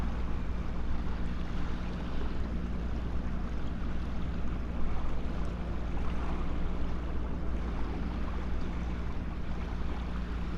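A passing ship drones steadily with a deep low rumble and a dense wash of hiss, holding level throughout with a slight swell near five seconds.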